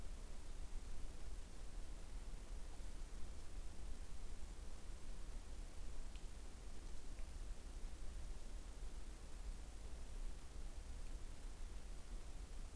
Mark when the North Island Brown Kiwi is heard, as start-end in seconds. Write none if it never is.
none